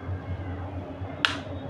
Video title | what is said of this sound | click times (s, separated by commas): संपे पर्यंत खमंग खुसखुशीत राहणारी तेल न पिणारी अतिशय चविष्ट अशी काटेरी भाजणीची चकली Bhajni chakli - | नीट बसलं नाही वाटते आता | 1.2 s